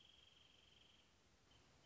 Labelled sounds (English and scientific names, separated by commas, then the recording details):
Wrentit (Chamaea fasciata)
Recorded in Sonoma County, California